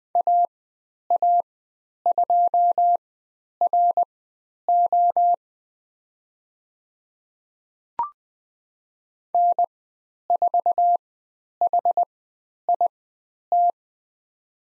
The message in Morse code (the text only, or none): AA2RO N4HIT